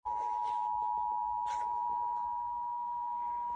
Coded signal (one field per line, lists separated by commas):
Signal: Emergency Alert System (SAME) tones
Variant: 853 and 960 Hz attention tone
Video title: Tokelau EAS Alarm (Bitter coffee tsunami)